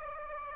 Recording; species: mosquito wingbeat signal from an infrared sensor; Aedes aegypti